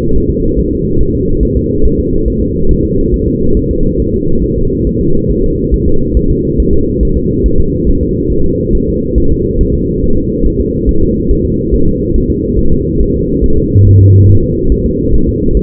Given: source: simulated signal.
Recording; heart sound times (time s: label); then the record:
fetal heart sounds
0.16 s: S1
0.30 s: S2
0.59 s: S1
0.73 s: S2
1.01 s: S1
1.15 s: S2
1.43 s: S1
1.57 s: S2
1.85 s: S1
1.99 s: S2
2.28 s: S1
2.42 s: S2
2.71 s: S1
2.85 s: S2
3.14 s: S1
3.28 s: S2
3.57 s: S1
3.71 s: S2
4.00 s: S1
4.14 s: S2
4.44 s: S1
4.58 s: S2
4.87 s: S1
5.01 s: S2
5.30 s: S1
5.44 s: S2
5.74 s: S1
5.88 s: S2
6.17 s: S1
6.31 s: S2
6.60 s: S1
6.74 s: S2
7.03 s: S1
7.17 s: S2
7.46 s: S1
7.60 s: S2
7.89 s: S1
8.03 s: S2
8.32 s: S1
8.46 s: S2
8.75 s: S1
8.89 s: S2
9.18 s: S1
9.32 s: S2
9.61 s: S1
9.75 s: S2
10.04 s: S1
10.18 s: S2
10.46 s: S1
10.61 s: S2
10.89 s: S1
11.03 s: S2
11.31 s: S1
11.45 s: S2
11.74 s: S1
11.88 s: S2
12.16 s: S1
12.30 s: S2
12.59 s: S1
12.73 s: S2
13.01 s: S1
13.15 s: S2
13.44 s: S1
13.58 s: S2
13.87 s: S1
14.01 s: S2
14.29 s: S1
14.43 s: S2
14.72 s: S1
14.86 s: S2
15.14 s: S1
15.28 s: S2
15.57 s: S1
From the record:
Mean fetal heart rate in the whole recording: 140 bpm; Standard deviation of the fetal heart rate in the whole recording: 2 bpm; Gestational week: 34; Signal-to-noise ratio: -17.7 dB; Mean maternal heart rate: 72 bpm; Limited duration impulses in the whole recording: present